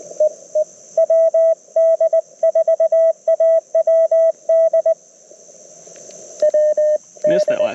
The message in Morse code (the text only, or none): EE WD4AWD WD